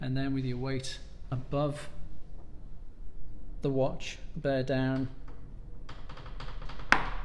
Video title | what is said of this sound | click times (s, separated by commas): How to Easily OPEN Your Watch Using a Case Knife / Pry | you hear that click which tells you that the case is snapped back on | 6.9 s